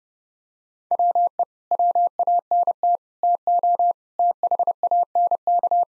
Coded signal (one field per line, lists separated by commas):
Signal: Morse code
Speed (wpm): 32 wpm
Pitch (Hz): 700 Hz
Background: none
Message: WE WANT TO THANK